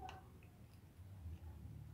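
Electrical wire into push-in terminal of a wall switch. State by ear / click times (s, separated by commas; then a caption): not seated / none. The outgoing lamp wire is being handled at the push-in terminal hole of a wall switch, with a short tick at 0.1 s and a faint soft tick at 0.4 s over a low, steady hum. Nothing has seated or clicked yet; the clip ends just before the wire goes home in the terminal.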